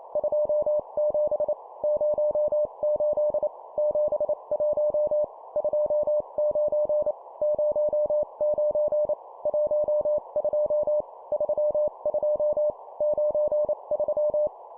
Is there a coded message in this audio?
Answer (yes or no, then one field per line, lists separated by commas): yes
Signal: Morse code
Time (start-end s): 0.2-14.5 s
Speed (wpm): 28 wpm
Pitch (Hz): 600 Hz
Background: none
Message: 27 08 71 29 09 12 32 93